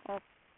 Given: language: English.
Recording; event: throat vibration sensor signal played as sound; speech